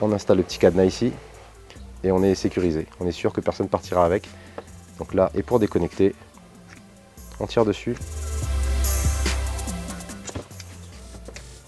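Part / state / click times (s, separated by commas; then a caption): interchangeable adapter plug into portable EV charging unit / seated / 11.4 s. An interchangeable adapter plug is pushed onto the plastic-housed connector of a portable EV charging unit until it latches. Someone talks over the first part, then music plays while short handling knocks are heard. A sharp click at 11.4 s marks the adapter seating into place.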